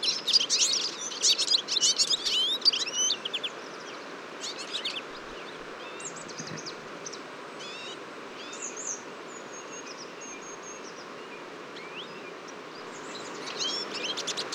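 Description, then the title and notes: Eurasian siskins in a burst of loud twittering chatter, then a quieter stretch of thin drawn-out whistles and sliding notes before the chatter returns at the end. Large flock at a feeder on a February morning, 23 February 2014, Fourcinet, Drôme, France; recorded with Nagra Seven and Telinga P7. "Choeur de fringilles. 23 février 2014-Fourcinet - Drôme. un grand nombre de Tarin des aulnes (Carduelis spinus)"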